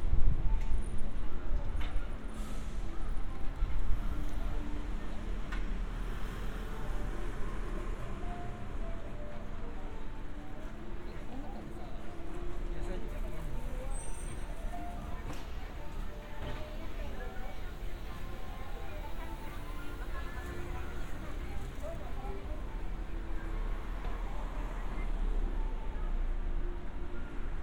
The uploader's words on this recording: 3D AUDIO Walking in Funabashi, Chiba,Japan. Let's take a walk together around Funabashi station, Chiba. Binaural audio.